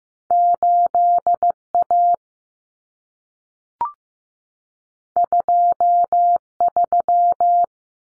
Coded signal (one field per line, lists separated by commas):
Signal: Morse code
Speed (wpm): 15 wpm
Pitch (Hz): 700 Hz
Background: none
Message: 8A 23